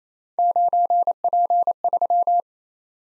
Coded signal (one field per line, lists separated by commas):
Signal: Morse code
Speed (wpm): 29 wpm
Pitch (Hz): 700 Hz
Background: none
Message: 9P3